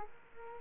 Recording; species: mosquito wingbeat signal from an infrared sensor; Aedes aegypti